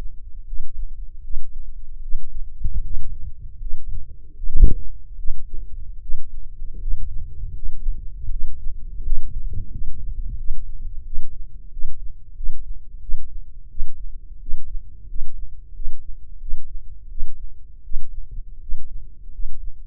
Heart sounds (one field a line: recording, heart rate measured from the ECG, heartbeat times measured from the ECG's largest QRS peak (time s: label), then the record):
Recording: heart sounds by microphone in the left ear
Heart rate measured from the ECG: 83 bpm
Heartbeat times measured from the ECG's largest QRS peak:
0.45 s: heartbeat
1.22 s: heartbeat
2.01 s: heartbeat
2.82 s: heartbeat
3.58 s: heartbeat
4.35 s: heartbeat
5.16 s: heartbeat
6.00 s: heartbeat
6.79 s: heartbeat
7.54 s: heartbeat
8.29 s: heartbeat
9.03 s: heartbeat
9.69 s: heartbeat
10.36 s: heartbeat
11.04 s: heartbeat
11.70 s: heartbeat
12.34 s: heartbeat
12.99 s: heartbeat
13.68 s: heartbeat
14.39 s: heartbeat
15.07 s: heartbeat
15.73 s: heartbeat
16.39 s: heartbeat
17.08 s: heartbeat
17.82 s: heartbeat
18.60 s: heartbeat
19.31 s: heartbeat
From the record:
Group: healthy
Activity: rest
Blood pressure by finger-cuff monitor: 131/74 mmHg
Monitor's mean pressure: 94 mmHg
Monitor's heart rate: 81 bpm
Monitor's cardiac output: 7.5 L/min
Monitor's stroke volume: 93 mL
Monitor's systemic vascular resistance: 920 dyn s/cm5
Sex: male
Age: 21 years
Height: 180 cm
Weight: 67.5 kg